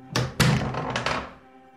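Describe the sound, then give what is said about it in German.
A door being opened: a couple of heavy wooden thunks followed by two lighter clunks, like a latch and handle rattling, over a faint steady hum with no talking. “Öffnet die Tür!”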